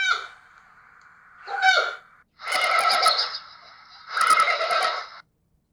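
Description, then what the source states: Giant panda calls: two short calls followed by two longer, harsh, pulsing calls. Adult male giant panda; the giant panda is a bear that lives in the wild in China.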